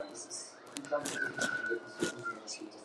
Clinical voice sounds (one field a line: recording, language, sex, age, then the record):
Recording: spoken sentence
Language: Brazilian Portuguese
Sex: female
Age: 40 to 49 years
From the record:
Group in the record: control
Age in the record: 42 years